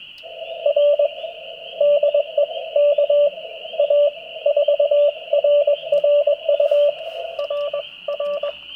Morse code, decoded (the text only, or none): R DE KA4RRU RR